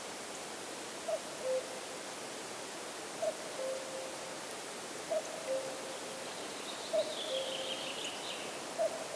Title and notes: cuckoo, Arkhangelsk Region, Russia. кукушка, в районе реки Лая